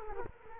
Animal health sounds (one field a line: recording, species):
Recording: mosquito wingbeat signal from an infrared sensor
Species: Culex quinquefasciatus